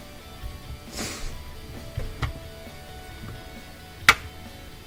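A plastic drain pump impeller cover on a Bosch dishwasher is pushed down as far as it goes into the sump, then its tab is pressed in with an index finger, using two hands. After quiet handling noises and a smaller tap at 2.2 seconds, a sharp, bright click at 4.1 seconds marks the cover seating in place. No one talks.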